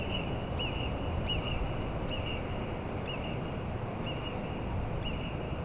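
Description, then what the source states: Alpine marmot alarm whistles repeated steadily, about one sharp high whistle per second throughout, some slightly doubled, with a steady deep rushing sound beneath. Several Alpine marmots whistling, alarmed by the recordists' presence; Plateau d'Aiguallut near Carretera de La Besurta, Benasque, Huesca, Spain; Sennheiser MKH8040 ORTF pair with Sound Devices MixPre6.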